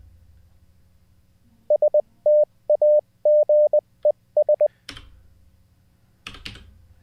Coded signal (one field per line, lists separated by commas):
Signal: Morse code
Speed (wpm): 20 wpm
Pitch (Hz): 600 Hz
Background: none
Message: STAGES